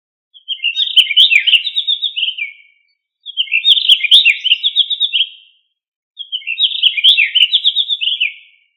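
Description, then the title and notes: Bird singing three rich, rapid warbling phrases of about two to two and a half seconds each, busy and twittering, separated by short silences, with a few faint clicks. Indonesia. "Kumpulan Kicau Burung Indonesia"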